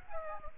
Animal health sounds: mosquito wingbeat signal from an infrared sensor; Aedes aegypti

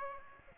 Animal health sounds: mosquito wingbeat signal from an infrared sensor; Aedes aegypti

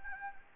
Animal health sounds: mosquito wingbeat signal from an infrared sensor; Anopheles gambiae

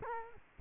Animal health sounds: mosquito wingbeat signal from an infrared sensor; Culex quinquefasciatus

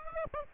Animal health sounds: mosquito wingbeat signal from an infrared sensor; Aedes aegypti

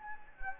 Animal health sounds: mosquito wingbeat signal from an infrared sensor; Anopheles gambiae

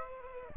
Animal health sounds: mosquito wingbeat signal from an infrared sensor; Aedes aegypti

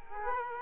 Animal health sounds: mosquito wingbeat signal from an infrared sensor; Culex quinquefasciatus

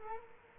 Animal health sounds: mosquito wingbeat signal from an infrared sensor; Culex quinquefasciatus

